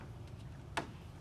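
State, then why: Seated. Printed Raptor light adapter bezel tabs are lined up with the posts on an OEM grille for a 2018-2021 Toyota Tundra Limited/1794 or 2021 Special Trail/Nightshade and pushed evenly forward. Over a low steady hum, a single sharp click sounds at 0.8 s as the bezel tabs seat onto the grille posts.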